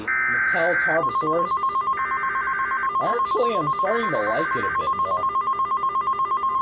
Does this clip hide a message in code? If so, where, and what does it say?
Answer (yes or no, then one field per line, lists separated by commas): no